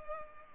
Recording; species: mosquito wingbeat signal from an infrared sensor; Culex pipiens